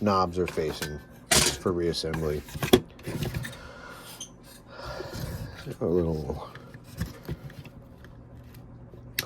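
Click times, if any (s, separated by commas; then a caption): 9.2 s. Someone talks while plastic clips holding the heater control faceplate of a Mk3 VW Cabrio Golf are released one by one during disassembly, with small taps and handling noises in between. A sharp plastic click at 9.2 s is a faceplate clip coming free.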